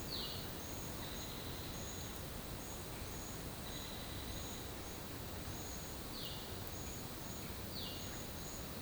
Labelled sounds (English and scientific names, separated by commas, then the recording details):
Violaceous Jay (Cyanocorax violaceus)
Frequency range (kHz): Violaceous Jay (Cyanocorax violaceus) 1.6-5.0 kHz
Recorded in pastures near Puerto Asís, Putumayo, Colombia, on 12 March 2025 at 12:30
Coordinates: 0.472, -76.329
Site G074